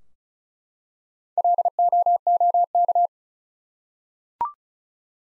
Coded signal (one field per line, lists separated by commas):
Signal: Morse code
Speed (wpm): 34 wpm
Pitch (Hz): 700 Hz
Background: none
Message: LOOK